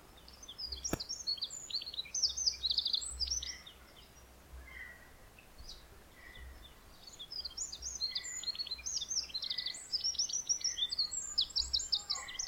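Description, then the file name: Eurasian wren song: bursts of very high, rapid, tinkling trills and chattering notes, with a pause midway. "Troglodytes troglodytes"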